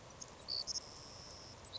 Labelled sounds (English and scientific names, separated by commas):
Savannah Sparrow (Passerculus sandwichensis)